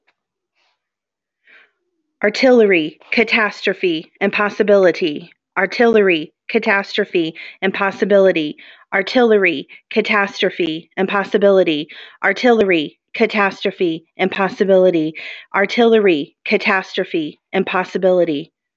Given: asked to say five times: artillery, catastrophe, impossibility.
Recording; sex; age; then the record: three words, each repeated; female; 30 to 39 years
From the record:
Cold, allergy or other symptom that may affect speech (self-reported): no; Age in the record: 37 years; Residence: Illinois, United States